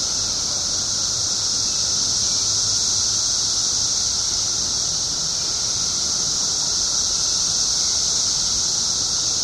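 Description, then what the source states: Periodical cicada chorus, a constant shrill droning wash of sound that holds level throughout with no breaks. 17-year cicadas, recorded 21 June 2007 at 5:05 pm.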